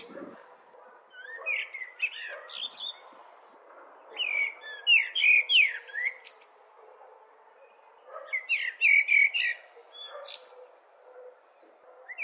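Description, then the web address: Blackbird song: low fluted warbling phrases, each ending in a thin, high, squeaky twitter, given in bursts separated by short pauses, over a faint steady background hiss. "blackbird singing"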